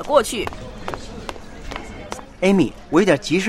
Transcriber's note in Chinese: Office ambience